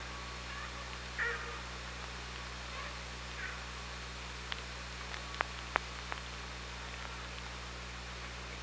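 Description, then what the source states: Orca call, a short tonal squeal early on, followed by scattered sharp clicks over a steady underwater hiss. Hydrophone at OrcaLab, 24 August 2017, 18:46.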